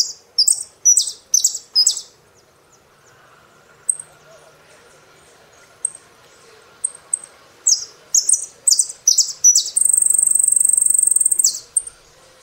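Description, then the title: Saffron finch song: a run of sharp high notes, scattered single notes, then another series ending in a sustained buzzy trill. "Jilguero Argentino"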